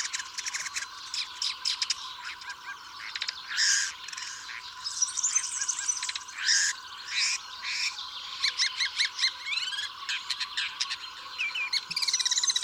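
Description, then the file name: Woodchat shrike in continuous varied song, mixing harsh rasping bursts, sharp clicks and whistled trills. "woodchat shrike omkicau"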